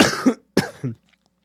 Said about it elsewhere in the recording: I have been sick for the past 2 weeks. I have been coughing. I have cold. I haven't had any fever or anything like that. You just heard me cough. My nose is blocked.